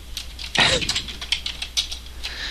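Sharp, clicky hits land at uneven, stumbling intervals, like samples on a keyboard triggered off the beat, with one louder, fuller thump early on and lighter taps scattered after.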